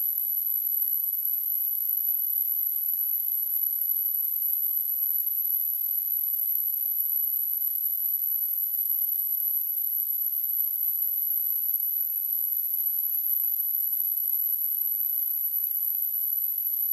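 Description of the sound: A steady, very high-pitched whistling tone holds unchanged for about 17 seconds over a faint background hiss. It is a simulated tinnitus sound, imitating the constant ringing some people hear in their ears.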